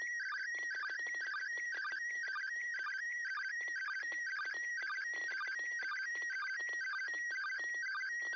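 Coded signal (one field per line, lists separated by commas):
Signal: SSTV (slow-scan television)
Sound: warbling tones near 1.5-1.9 kHz with a regular half-second rhythm and crackly clicks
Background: radio static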